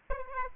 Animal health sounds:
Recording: mosquito wingbeat signal from an infrared sensor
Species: Aedes aegypti

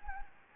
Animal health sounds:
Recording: mosquito wingbeat signal from an infrared sensor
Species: Anopheles gambiae

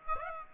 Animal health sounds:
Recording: mosquito wingbeat signal from an infrared sensor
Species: Aedes aegypti

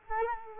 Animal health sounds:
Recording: mosquito wingbeat signal from an infrared sensor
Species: Culex quinquefasciatus

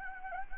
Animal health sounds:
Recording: mosquito wingbeat signal from an infrared sensor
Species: Anopheles gambiae

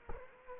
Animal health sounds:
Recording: mosquito wingbeat signal from an infrared sensor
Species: Culex quinquefasciatus

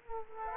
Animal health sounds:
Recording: mosquito wingbeat signal from an infrared sensor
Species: Culex quinquefasciatus

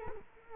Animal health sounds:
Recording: mosquito wingbeat signal from an infrared sensor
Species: Culex quinquefasciatus

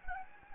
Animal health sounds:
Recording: mosquito wingbeat signal from an infrared sensor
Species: Anopheles gambiae

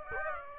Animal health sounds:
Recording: mosquito wingbeat signal from an infrared sensor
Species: Aedes aegypti

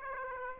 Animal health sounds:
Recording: mosquito wingbeat signal from an infrared sensor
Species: Aedes aegypti

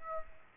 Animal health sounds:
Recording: mosquito wingbeat signal from an infrared sensor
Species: Aedes aegypti

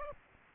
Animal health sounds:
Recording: mosquito wingbeat signal from an infrared sensor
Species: Aedes aegypti

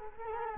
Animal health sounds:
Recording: mosquito wingbeat signal from an infrared sensor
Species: Culex quinquefasciatus

